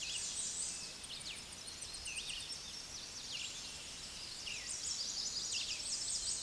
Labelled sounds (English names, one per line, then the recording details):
Chestnut-sided Warbler song
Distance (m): 45 m
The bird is about 15 m above the microphone
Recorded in a Pennsylvania forest on 16 May 2024 at 06:27
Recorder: AudioMoth, point MSD-2478
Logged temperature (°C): 15.6 °C
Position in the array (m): 84 m, 222 m